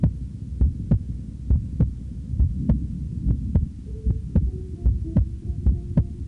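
An adult human heartbeat, about 68 beats per minute, with low, throbbing thumps and a steady hum beneath, part of We Are Movement's heartbeat soundscape project 'public radio, public space'.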